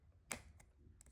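A plastic arrow keycap is pressed home onto its scissor switch on a MacBook Pro laptop keyboard (A2141, A2251, A2289 or A2338, M1 and M2, 2019–2022) after the screwdriver is removed. A sharp click at 0.3 s marks the keycap seating, followed by fainter ticks around 0.6 s and 1.0 s. The keycap is seated in place.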